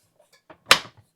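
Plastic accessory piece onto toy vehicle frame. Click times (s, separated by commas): 0.7 s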